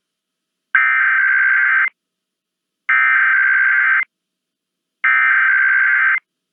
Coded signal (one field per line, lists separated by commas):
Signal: Emergency Alert System (SAME) tones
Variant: header bursts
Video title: EAS Required Monthly Test Connecticut Statewide Test WTIC-FM Hartford, CT +WeatherSTAR4000